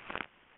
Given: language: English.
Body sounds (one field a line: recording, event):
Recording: throat vibration sensor signal played as sound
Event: swallow